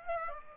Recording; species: mosquito wingbeat signal from an infrared sensor; Aedes aegypti